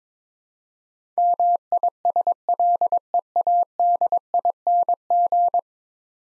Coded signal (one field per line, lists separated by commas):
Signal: Morse code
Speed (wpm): 22 wpm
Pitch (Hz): 700 Hz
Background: none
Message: MISLEADING